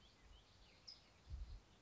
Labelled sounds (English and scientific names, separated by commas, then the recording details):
California Towhee (Melozone crissalis)
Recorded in Sonoma County, California